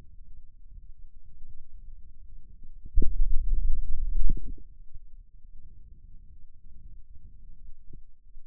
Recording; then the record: forearm muscle sounds (acoustic myography)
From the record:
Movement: finger pinch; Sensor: system 2, bracelet of six BSWA MPA416 microphones around the upper forearm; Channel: 2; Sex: male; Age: 22 years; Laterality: right